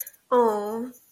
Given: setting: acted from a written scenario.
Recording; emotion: vocal sound without words; adoration